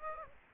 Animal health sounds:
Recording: mosquito wingbeat signal from an infrared sensor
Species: Aedes aegypti

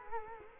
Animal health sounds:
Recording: mosquito wingbeat signal from an infrared sensor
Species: Culex quinquefasciatus

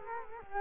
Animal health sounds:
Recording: mosquito wingbeat signal from an infrared sensor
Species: Culex quinquefasciatus

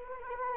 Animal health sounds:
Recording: mosquito wingbeat signal from an infrared sensor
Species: Anopheles arabiensis

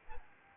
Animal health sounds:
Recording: mosquito wingbeat signal from an infrared sensor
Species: Aedes albopictus

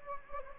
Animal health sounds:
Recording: mosquito wingbeat signal from an infrared sensor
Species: Anopheles gambiae

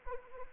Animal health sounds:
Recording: mosquito wingbeat signal from an infrared sensor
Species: Anopheles arabiensis

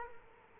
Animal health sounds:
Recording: mosquito wingbeat signal from an infrared sensor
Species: Culex quinquefasciatus

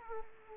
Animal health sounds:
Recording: mosquito wingbeat signal from an infrared sensor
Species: Aedes aegypti

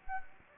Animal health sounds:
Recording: mosquito wingbeat signal from an infrared sensor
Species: Anopheles gambiae

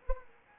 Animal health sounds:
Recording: mosquito wingbeat signal from an infrared sensor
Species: Anopheles arabiensis

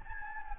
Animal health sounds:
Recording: mosquito wingbeat signal from an infrared sensor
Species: Anopheles gambiae

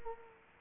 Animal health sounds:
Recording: mosquito wingbeat signal from an infrared sensor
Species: Culex quinquefasciatus

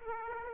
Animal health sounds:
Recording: mosquito wingbeat signal from an infrared sensor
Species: Aedes aegypti

